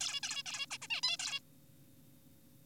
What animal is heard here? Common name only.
Zebra Finch